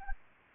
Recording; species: mosquito wingbeat signal from an infrared sensor; Anopheles gambiae